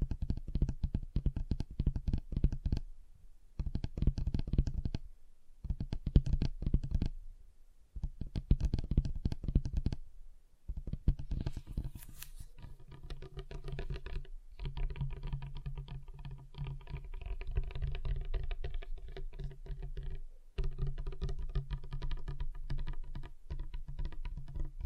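Fingers tap on a table in quick, dense bursts of patter, broken by short silences near 3, 5, 7.5 and 10 seconds. After about 11 seconds the tapping turns steadier and more continuous, with a low hum underneath and a brief brighter hiss near 12 seconds.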